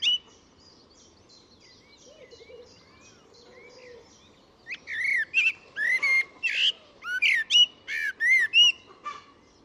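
Bird calls: a few faint chirps at first, then from about five seconds a lively run of loud whistled, swooping notes until near the end.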